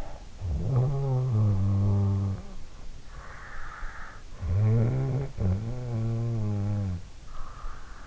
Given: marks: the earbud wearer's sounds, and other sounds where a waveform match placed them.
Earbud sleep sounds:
sounds in sleep by an in-ear microphone; snoring breath
0.07-3.16 s: snoring breath
3.90-8.07 s: snoring breath

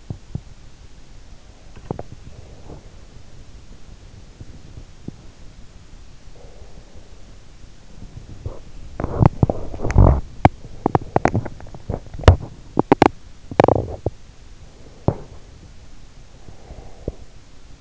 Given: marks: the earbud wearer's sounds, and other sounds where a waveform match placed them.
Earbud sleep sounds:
sounds in sleep by an in-ear microphone; teeth grinding, swallowing, breath, body movement
0.00-0.56 s: teeth grinding
1.59-2.19 s: swallowing
6.28-8.65 s: breath
8.78-10.34 s: body movement
10.34-13.17 s: teeth grinding
13.54-14.28 s: teeth grinding
14.82-15.68 s: teeth grinding
16.54-17.60 s: breath

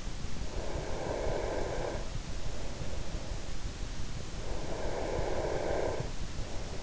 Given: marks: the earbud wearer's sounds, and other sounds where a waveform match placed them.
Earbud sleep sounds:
sounds in sleep by an in-ear microphone; breath
0.42-2.36 s: breath
4.47-6.38 s: breath

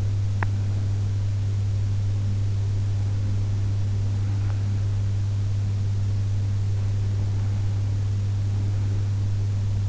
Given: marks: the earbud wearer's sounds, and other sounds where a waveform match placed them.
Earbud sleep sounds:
sounds in sleep by an in-ear microphone; teeth grinding
0.00-0.91 s: teeth grinding

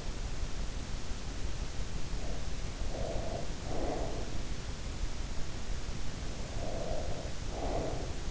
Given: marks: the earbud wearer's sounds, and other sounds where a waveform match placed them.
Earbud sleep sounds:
sounds in sleep by an in-ear microphone; breath
2.72-4.56 s: breath
6.41-8.30 s: breath

